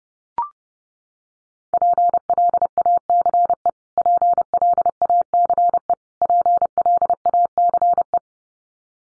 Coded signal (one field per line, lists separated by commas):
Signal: Morse code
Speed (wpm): 30 wpm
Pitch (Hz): 700 Hz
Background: none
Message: PLACE PLACE PLACE